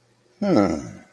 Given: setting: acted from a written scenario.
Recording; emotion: vocal sound without words; romantic love